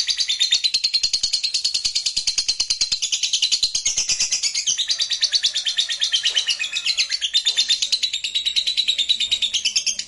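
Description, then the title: Lovebird chattering song, a dense unbroken stream of rapid high buzzy twitters running throughout. "Suara Lovebird"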